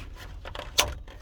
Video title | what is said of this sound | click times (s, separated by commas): How to change the flasher hazard switch on a 2000 chevy monte carlo | you hear it click | 0.8 s